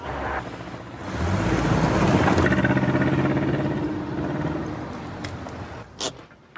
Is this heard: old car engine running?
yes